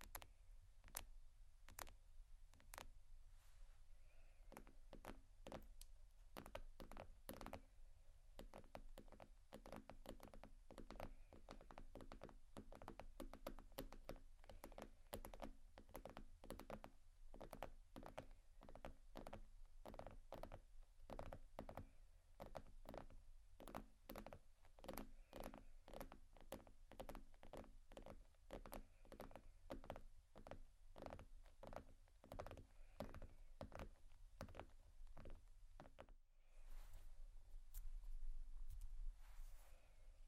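Tapping and scratching on bags, a dense run of quick sharp taps over a steady low hum, briefly stopping near thirty-six seconds.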